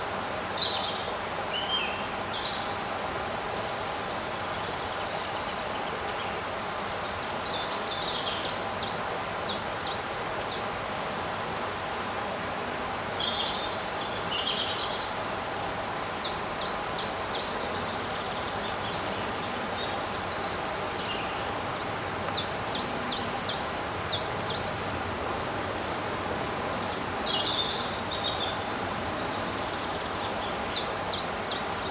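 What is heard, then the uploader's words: Birds sing in a summer garden, with bright, quick trilling phrases repeating every few seconds and higher chirps scattered between them. Beneath the song runs a steady, even hum of outdoor background noise that stays level throughout. Experience the magic of an almost windless summer day. Birds sing their sweet melodies.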